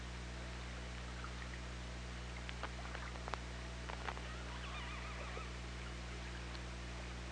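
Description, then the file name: Orca underwater sounds: a burst of sharp clicks between two and four seconds, then a wavering, warbling tonal call near the fifth second, over a steady low hum. Hydrophone recording made 24 August 2017 at 17:59:33. "Orca Lab"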